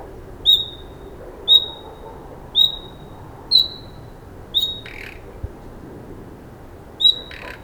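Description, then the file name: Common nightingale calling with clear, steady whistled notes, six in all, the first five at about one per second and the sixth after a longer gap, with brief scratchy sounds after the fifth note and at the very end. "Luscinia megarhynchos"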